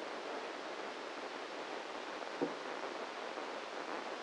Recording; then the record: brain microelectrode recording played as sound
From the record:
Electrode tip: inside the subthalamic nucleus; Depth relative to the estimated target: -1 mm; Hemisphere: right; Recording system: NeuroSet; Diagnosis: Parkinson's disease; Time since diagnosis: 7 years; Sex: male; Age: 44 years